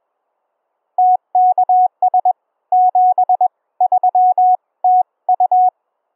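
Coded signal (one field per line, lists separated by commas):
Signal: Morse code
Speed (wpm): 21 wpm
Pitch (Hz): 740 Hz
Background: none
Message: TKS73TU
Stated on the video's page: Morse keyed with iambic paddles or a straight key wired to a Teensy USB MIDI board, with keyer software on a Raspberry Pi 4.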